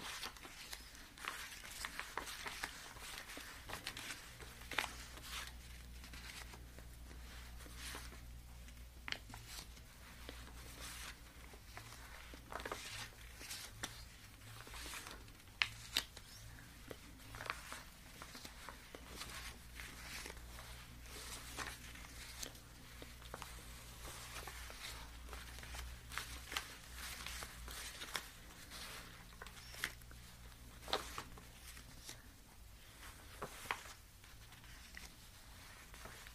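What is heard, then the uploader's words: Cash being sorted, counted and spread out, with dense, rapid crisp rustles and flicks of paper notes running throughout. Sharp snaps stand out every second or so over a steady low hum that changes pitch slightly around the middle and fades near the end. Cash sorting, counting, spreading.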